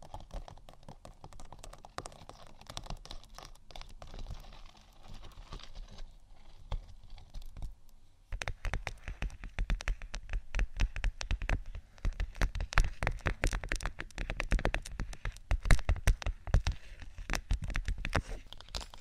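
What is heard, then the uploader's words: Fingers tap and scratch on a vinyl surface. The first eight seconds bring soft, sparse scratching with scattered light taps, then the sound turns louder and denser, with rapid, irregular dry clicks and rasping scrapes continuing to the end. ASMR Tapping & Scratching 5 Types Of Vinyl（No Talking）.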